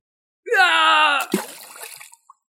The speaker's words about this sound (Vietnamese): thét lớn một tiếng đầy thê lương, tiếp theo là tiếng vật nặng rơi xuống nước. Chư vị thiên tung trong lòng giật mình. Một thiên tung bị Tường Thiên Phi giết rồi ném xuống hỗn độn hạ rồi.